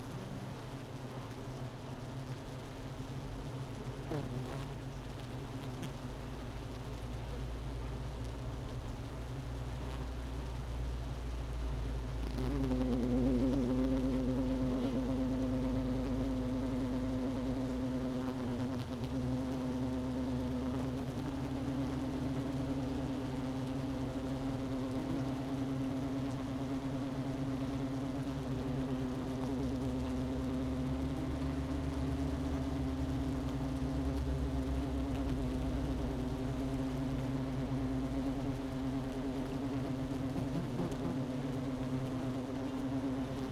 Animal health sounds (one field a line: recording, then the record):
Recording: honeybee colony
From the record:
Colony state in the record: missing queen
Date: 31 May 2018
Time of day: 11:42